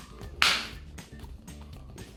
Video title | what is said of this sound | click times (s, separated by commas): วิธีถอดม่านตาไก่ & ผ้าโปร่ง มาซัก | เข้าล็อคแล้วแล้ว | 0.4 s